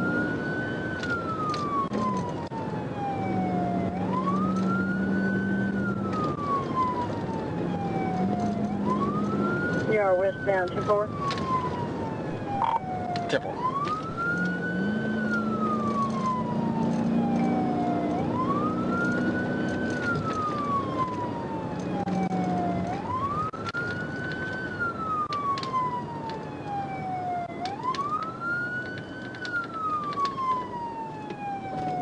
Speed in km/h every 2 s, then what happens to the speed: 111, 121, 126, 126, 130, 97, 93, 101, 109, 111, 113, 109, 95, 84, 72, 64.
0-8 speeds up to 130. 8-10 brakes to 97. 10-21 speeds up to 113. 21-29 brakes to 64.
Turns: none.